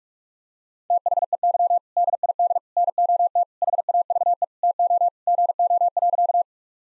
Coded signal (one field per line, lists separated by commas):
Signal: Morse code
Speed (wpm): 46 wpm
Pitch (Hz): 700 Hz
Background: none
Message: THEY DID NOT HAVE TO GO.